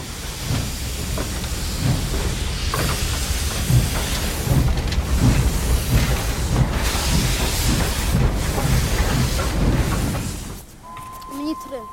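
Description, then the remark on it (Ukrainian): A train rolls through a station with a loud, steady rumble and rhythmic low clatter for about ten seconds, then the noise suddenly falls away, leaving a brief faint high tone. “Скажіть, будь ласка, коли буде поїзд до Москви? Остановка не предусмотрена.”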